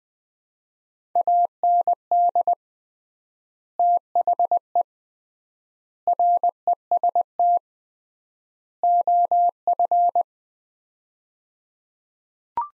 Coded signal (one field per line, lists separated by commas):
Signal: Morse code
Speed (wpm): 20 wpm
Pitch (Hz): 700 Hz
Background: none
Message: AND THE REST OF